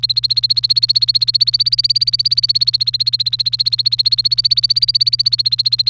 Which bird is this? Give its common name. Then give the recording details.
Domestic Canary. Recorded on 1 May 2018 at 10:55. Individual llb3